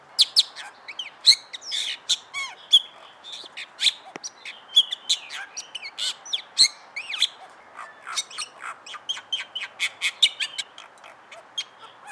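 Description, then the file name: Bali myna calls: a busy run of harsh squawks, sharp chirps and short whistled notes, fired off rapidly and unevenly for the whole stretch. "suara jalak bali"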